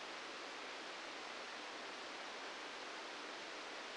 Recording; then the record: brain microelectrode recording played as sound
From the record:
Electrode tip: outside the subthalamic nucleus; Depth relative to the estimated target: 4 mm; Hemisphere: left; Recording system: NeuroSet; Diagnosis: Parkinson's disease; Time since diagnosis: 13 years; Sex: male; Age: 65 years